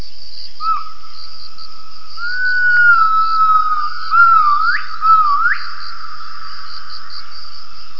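Gibbon call as a long, pure whistled tone that wavers slightly, then two quick upward swoops near the end, over a steady high-pitched hiss.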